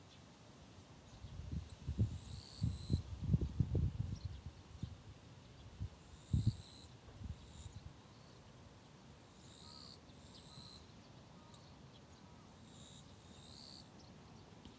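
Insects chirp at a riverbank in short, high, thin bursts that come and go every few seconds over a steady soft hiss. In the first seven seconds there is a cluster of low, heavy thumps and rumbles, then the scene quiets.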